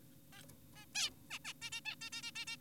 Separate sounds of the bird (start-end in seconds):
0.33-0.43, 0.76-0.86, 0.95-1.10, 1.31-1.39, 1.45-1.53, 1.62-1.70, 1.72-1.81, 1.86-1.96, 2.02-2.10, 2.12-2.22, 2.23-2.31, 2.36-2.45, 2.47-2.56